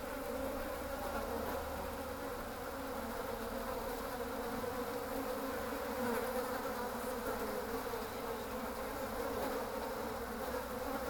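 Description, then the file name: Fly humming in an even, unbroken buzz throughout. "These Flies"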